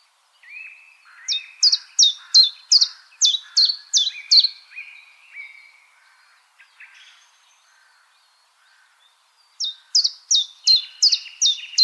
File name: Golosa ptic - Penochka-tenkovka Phylloscopus collybita